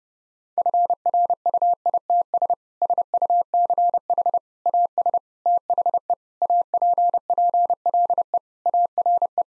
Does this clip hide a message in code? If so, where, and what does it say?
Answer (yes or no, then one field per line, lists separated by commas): yes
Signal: Morse code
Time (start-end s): 0.6-9.4 s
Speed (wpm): 32 wpm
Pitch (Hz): 700 Hz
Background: none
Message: FRUITS SUCH AS THE APPLE ARE